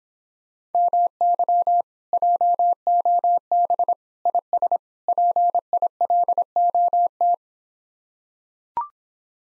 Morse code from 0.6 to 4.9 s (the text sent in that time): MY JOB IS